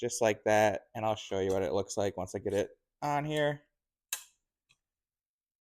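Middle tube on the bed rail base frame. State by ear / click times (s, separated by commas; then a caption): seated / 4.1 s. Someone talks, then the second middle tube of an AOHHL bed assist rail is fitted onto the U-shaped metal base frame, and its spring pin snaps into the tube hole with a sharp click at 4.1 s. A faint tick follows at 4.7 s, and the tube is seated.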